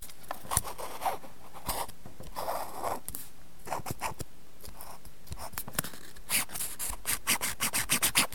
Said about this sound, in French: Alors, en fait, c'est l'enforme en papier, le patron, on va dire, c'est le patron du papier. Je le trace. Avec une sorte de feutre noir? Oui, voilà, ça peut être un stylo, un feutre noir. À l'envers, je le trace.